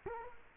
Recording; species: mosquito wingbeat signal from an infrared sensor; Culex quinquefasciatus